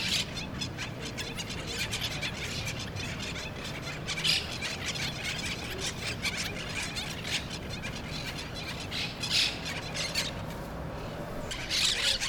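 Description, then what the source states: Parrot flock calls: harsh, scratchy squawks overlapping steadily throughout, with louder bursts near the middle and end over a low background rumble. Recorded in Brooklyn.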